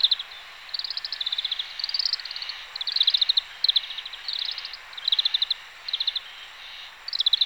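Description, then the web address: Grey-capped greenfinch song of quick, even, high trills, each lasting about half a second and repeated steadily with short pauses. 11 May 2018, Chikushi. "chikushishou bird watching club 2018 5 11 kawarahiwa"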